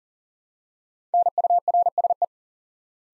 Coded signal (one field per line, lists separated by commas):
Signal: Morse code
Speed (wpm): 41 wpm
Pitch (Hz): 700 Hz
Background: none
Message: NURSE